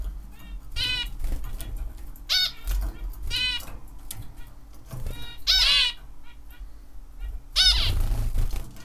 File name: Zebrafink - zebrafinch